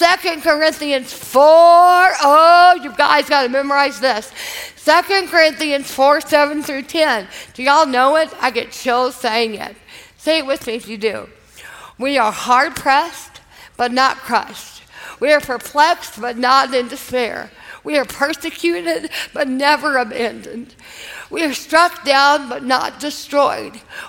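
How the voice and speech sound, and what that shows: Slow, effortful adult female speech with stretched sounds, choppy phrasing and creaky voicing, delivered as a live talk to an audience: dysarthria after a massive brainstem stroke many years earlier, following years of recovery.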